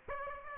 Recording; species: mosquito wingbeat signal from an infrared sensor; Aedes aegypti